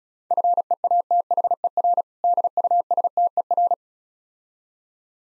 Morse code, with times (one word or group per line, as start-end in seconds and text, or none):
0.3-2.0 FEATHER
2.2-3.7 DUSTER